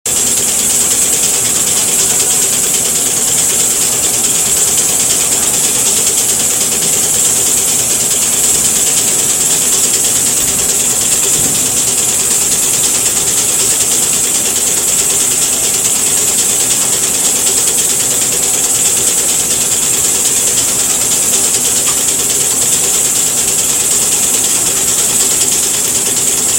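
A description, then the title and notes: A cap compression molding machine runs steadily, giving off a dense, fast clicking and ratcheting chatter from its moving parts. A bright, hissing whine sits high above a low mechanical hum, and the sound stays even throughout without pauses. Cap Compression Molding Machine.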